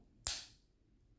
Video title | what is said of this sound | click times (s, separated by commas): Victorinox Swiss Army Knife | That's the classic Vtorox snap, but when I use a knife, I actually use the smaller | 0.3 s